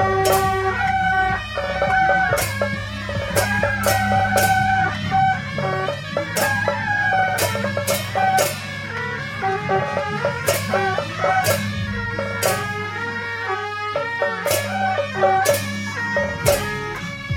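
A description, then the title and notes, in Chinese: Live sound from a temple pilgrimage procession, with loud, dense ceremonial music throughout. Piercing reed-like melodies hold and shift over a steady low drone, while sharp cymbal or gong crashes strike every second or so, continuous. 北安府癸卯年謁祖晉香回鑾–聲音現場。台北市樹德公園–大龍街87巷巷口與巷內。上午。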